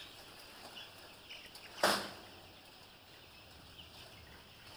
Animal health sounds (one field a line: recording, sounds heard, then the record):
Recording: poultry house recording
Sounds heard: healthy chickens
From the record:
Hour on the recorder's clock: 14